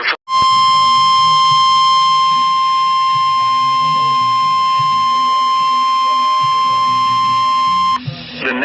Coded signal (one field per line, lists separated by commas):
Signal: Emergency Alert System (SAME) tones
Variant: 1050 Hz attention tone